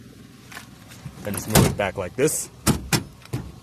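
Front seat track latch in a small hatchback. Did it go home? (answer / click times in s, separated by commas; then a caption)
yes / 2.7 s, 2.9 s. Someone talks as the tilted-forward front seat of a 2006 Peugeot 107, a small hatchback, is slid back along its track after giving rear access. Two loud clunks at 2.7 s and 2.9 s mark the seat track latch catching, and the seat locks back in place.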